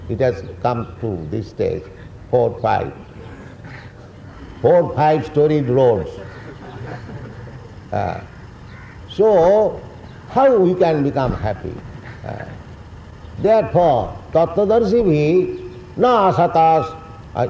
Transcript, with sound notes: It has come to this stage, four, five. Four-, five-storied roads. [laughter] So how you can become happy? Therefore tattva-darśibhiḥ na asataḥ.